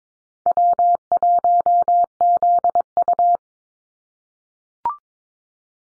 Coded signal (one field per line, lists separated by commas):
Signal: Morse code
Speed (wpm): 22 wpm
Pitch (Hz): 700 Hz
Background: none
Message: W1ZU